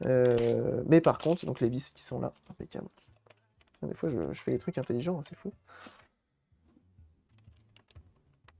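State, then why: Seated. Someone talks, then a plastic shell part of an Atari Lynx II handheld game console is pressed into place during reassembly after an LED backlight mod. Short, sharp plastic clicks are heard, with the part clicking in at 7.8 s and 8.5 s. The part is seated and clipped in.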